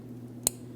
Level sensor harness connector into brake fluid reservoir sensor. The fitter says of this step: After our audible click, we're just going to give this a light tug.